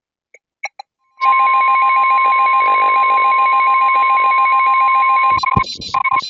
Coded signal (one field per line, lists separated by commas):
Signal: Emergency Alert System (SAME) tones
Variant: 1050 Hz attention tone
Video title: THE MADNESS OF STORMS... (Part 1) || EAS Alerts from March & April (EAS #37 - #74)